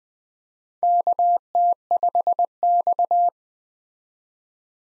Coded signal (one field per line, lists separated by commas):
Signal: Morse code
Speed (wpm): 20 wpm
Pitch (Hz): 700 Hz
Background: none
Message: KT5X